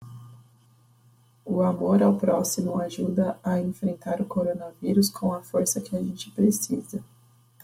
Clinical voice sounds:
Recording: spoken sentence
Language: Brazilian Portuguese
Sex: female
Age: 20 to 29 years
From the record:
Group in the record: control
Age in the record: 23 years

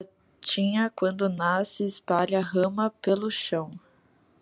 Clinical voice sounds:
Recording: short text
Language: Brazilian Portuguese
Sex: female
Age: 20 to 29 years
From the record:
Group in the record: control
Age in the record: 26 years

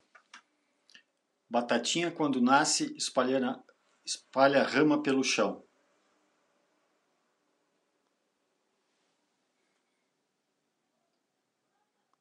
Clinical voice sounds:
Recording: short text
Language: Brazilian Portuguese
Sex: male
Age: 50 to 59 years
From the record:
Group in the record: control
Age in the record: 51 years

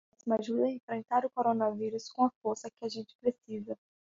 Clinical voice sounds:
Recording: spoken sentence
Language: Brazilian Portuguese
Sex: female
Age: 20 to 29 years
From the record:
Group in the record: control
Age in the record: 22 years

